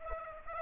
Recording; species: mosquito wingbeat signal from an infrared sensor; Aedes aegypti